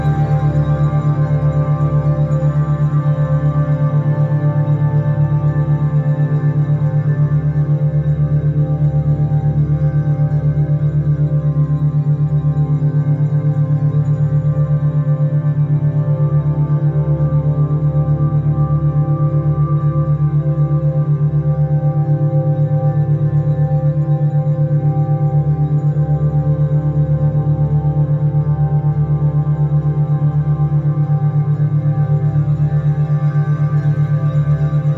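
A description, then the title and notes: Sound bath tones, led by a singing bowl, hold a deep steady hum that rings without a break for the whole stretch. A faint pulsing wobble runs through the low drone, while quieter, brighter overtones shimmer above it at an even, unchanging level. The peaceful, ambient sounds of a sound bath.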